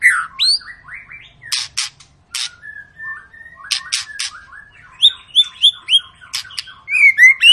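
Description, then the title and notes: White-rumped shama song mixing sharp clicks, a long level whistle and rising slurred notes, ending in loud ringing phrases. Long lure song played to make other birds sing. "Pancingan Murai Batu Gacor Panjang. muraiku"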